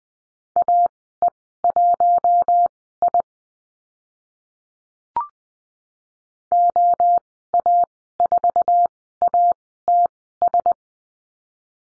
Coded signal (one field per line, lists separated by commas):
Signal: Morse code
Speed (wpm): 20 wpm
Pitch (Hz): 700 Hz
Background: none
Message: AE1I OA4ATS